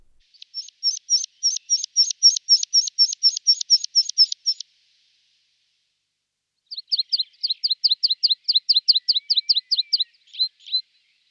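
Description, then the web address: Meadow pipit song: two runs of high, thin repeated notes, separated by a pause of about two seconds. "Engpiber"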